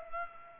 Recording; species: mosquito wingbeat signal from an infrared sensor; Culex pipiens